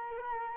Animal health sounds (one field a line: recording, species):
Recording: mosquito wingbeat signal from an infrared sensor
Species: Culex quinquefasciatus